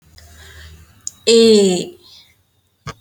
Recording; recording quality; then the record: sustained vowel as in made; excellent, no background noise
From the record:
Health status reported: healthy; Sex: female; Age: 20 years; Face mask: not worn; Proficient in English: yes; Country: India